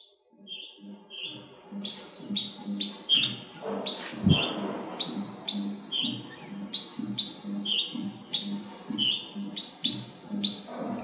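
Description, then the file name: Red-whiskered bulbul calls, a rapid run of clipped, bright chirps repeated roughly twice a second, with a brief knock or thump midway and low background hum throughout. "Red-whiskered bulbul (Pycnonotus jocosus)"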